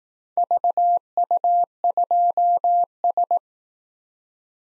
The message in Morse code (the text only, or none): VU2S